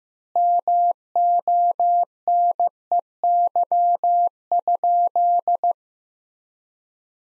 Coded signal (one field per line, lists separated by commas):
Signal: Morse code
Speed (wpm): 15 wpm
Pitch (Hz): 700 Hz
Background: none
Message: MONEY?